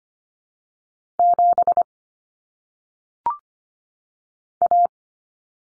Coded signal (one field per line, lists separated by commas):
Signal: Morse code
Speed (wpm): 25 wpm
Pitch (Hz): 700 Hz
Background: none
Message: 7 A